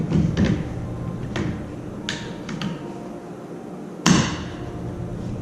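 A battery pack for a Power Pole anchor on a fishing kayak is lined up and pushed into its plastic mount, with a few light taps and knocks at about 0.4, 1.4, 2.1 and 2.6 seconds. A sharp, loud click at 4.1 s marks the pack clipping into place, seated, after which the indicator lights flash.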